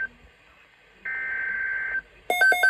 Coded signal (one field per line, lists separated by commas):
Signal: Emergency Alert System (SAME) tones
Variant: header bursts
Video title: EAS Tornado Watch on NOAA RADIOS!! (4/30/2022) (EAS #100!!!!!!)